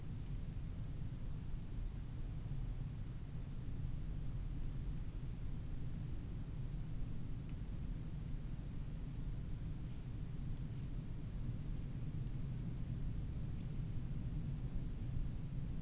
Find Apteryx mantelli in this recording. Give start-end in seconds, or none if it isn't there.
none